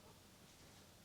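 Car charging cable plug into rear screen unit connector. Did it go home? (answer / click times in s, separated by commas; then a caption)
no / none. The car's original charging-cable plug, taken from the old housing of a 2019 Tesla Model 3, is being guided by hand toward the connector of a new Hansshow 7-inch rear screen unit. Only steady low-level noise and faint handling rustle are heard over about one second. Nothing has seated or clicked yet.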